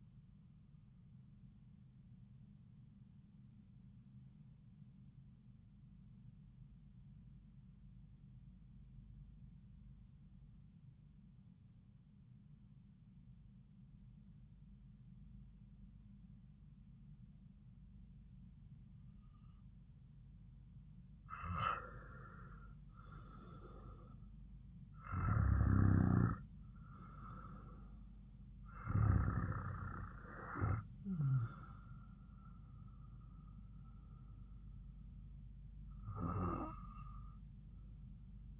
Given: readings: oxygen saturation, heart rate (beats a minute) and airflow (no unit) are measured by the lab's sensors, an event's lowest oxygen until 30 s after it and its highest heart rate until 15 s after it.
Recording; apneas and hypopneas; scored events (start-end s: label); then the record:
breathing in sleep by a smartphone at the bedside; 1
1.00-38.60 s: new sleep stage, N2 (light sleep)
9.00-23.10 s: obstructive apnea (N2, oxygen 96% highest, then 89% lowest)
From the record:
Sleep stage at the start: REM sleep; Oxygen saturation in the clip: 90 to 96%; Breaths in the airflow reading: 4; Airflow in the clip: -7.7 to 5.4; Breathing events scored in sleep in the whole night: 270 in 6.1 hours asleep